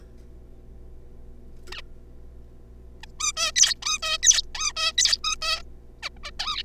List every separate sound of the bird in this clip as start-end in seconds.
1.72-1.81, 3.03-3.05, 3.20-3.32, 3.37-3.52, 3.56-3.74, 3.82-3.98, 4.03-4.18, 4.23-4.42, 4.55-4.72, 4.77-4.92, 4.98-5.17, 5.24-5.36, 5.42-5.62, 6.03-6.09, 6.17-6.18, 6.23-6.31, 6.39-6.63